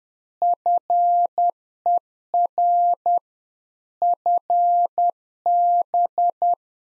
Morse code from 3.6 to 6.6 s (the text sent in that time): FB